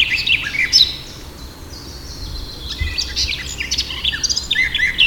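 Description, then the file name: Eurasian blackcap song: a brief scratchy warble, a quiet gap of over a second, then a long run of rapid chattering, twittering notes to the end. "Sylvia atricapilla"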